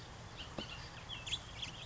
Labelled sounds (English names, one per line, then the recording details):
Bullock's Oriole
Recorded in Sonoma County, California